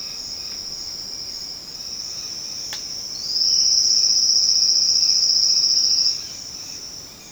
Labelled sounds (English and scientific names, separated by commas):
Silvered Antbird (Sclateria naevia), Red-bellied Macaw (Orthopsittaca manilatus)